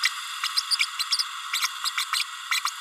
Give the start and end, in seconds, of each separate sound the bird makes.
0.02-0.09, 0.43-0.48, 0.56-0.60, 0.70-0.76, 0.79-0.86, 0.99-1.04, 1.84-1.90, 1.97-2.05, 2.12-2.23, 2.51-2.60, 2.65-2.70